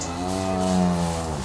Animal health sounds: contact call of a hoofed animal; cattle; low-frequency (closed-mouth) or high-frequency (open-mouth) call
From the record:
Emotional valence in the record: positive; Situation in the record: visual reunion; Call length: 1.45 s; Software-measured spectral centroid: 3490 Hz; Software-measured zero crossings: 2950 a second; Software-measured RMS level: -24 dBFS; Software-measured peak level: -9 dBFS

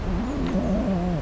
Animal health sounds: contact call of a hoofed animal; goat; low-frequency (closed-mouth) or high-frequency (open-mouth) call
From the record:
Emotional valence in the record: negative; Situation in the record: short social isolation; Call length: 1.22 s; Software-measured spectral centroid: 1340 Hz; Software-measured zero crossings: 810 a second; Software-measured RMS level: -24 dBFS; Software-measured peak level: -13 dBFS

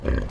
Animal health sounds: contact call of a hoofed animal; wild boar; grunt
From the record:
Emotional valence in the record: positive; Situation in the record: food anticipation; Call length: 0.30 s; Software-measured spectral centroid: 1060 Hz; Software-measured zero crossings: 550 a second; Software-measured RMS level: -24 dBFS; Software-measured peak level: -11 dBFS

